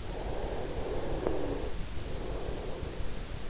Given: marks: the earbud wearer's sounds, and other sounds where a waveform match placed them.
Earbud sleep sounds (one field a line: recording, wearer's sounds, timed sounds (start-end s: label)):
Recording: sounds in sleep by an in-ear microphone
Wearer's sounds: breath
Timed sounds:
0.03-3.03 s: breath